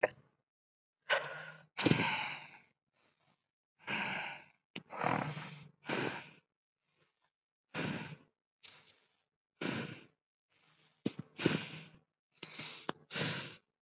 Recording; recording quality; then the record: deep breathing; excellent, no background noise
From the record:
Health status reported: COVID-19 positive, moderate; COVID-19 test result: positive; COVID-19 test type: RT-PCR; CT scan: not taken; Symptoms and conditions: cough, sore throat, fatigue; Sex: male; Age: 31 years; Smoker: no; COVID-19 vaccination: both doses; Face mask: not worn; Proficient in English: yes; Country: India